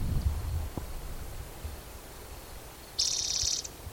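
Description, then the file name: Spotted towhee song: one rapid buzzy trill near the end, after a stretch of quiet background hum. At Cicero on 16 June 2010. "Cicero 16 Jun 2010 Pmaculatus"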